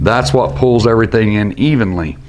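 Someone talks while a multi-pin plastic wiring connector from a radio wiring harness is handled at the fairing harness plug on a motorcycle, with its locking lever ready to draw it in. Nothing has seated or clicked yet.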